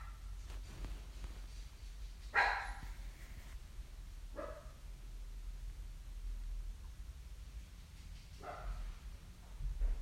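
Dog barking, a few short separate barks spaced seconds apart over a steady low rumbling background noise.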